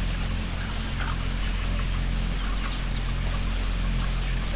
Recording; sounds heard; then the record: poultry house recording; healthy chickens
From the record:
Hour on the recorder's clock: 18